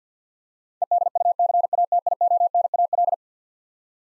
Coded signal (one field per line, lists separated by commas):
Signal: Morse code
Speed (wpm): 50 wpm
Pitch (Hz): 700 Hz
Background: none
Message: EDUCATIONAL